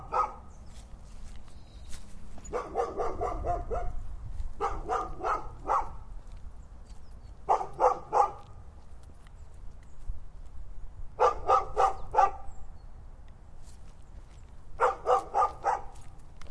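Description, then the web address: Dog barking in short bursts of several sharp barks, the bursts separated by pauses, over a low rumbling background. "sons de ladrar de cao"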